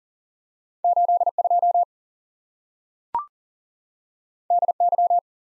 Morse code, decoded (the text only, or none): 82 DY